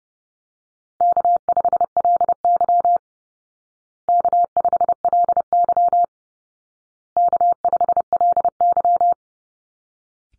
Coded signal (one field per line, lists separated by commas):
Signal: Morse code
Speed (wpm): 30 wpm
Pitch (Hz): 700 Hz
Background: none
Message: K5LY K5LY K5LY